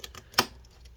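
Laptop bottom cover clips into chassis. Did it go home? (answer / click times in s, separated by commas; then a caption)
yes / 0.4 s. The bottom cover of a Dell Inspiron 13 7000 7391 2-in-1 laptop is pressed down so its edge clips snap into the chassis. A loud, sharp snap at 0.4 s stands out over a few faint lighter taps, and the cover clips are seated.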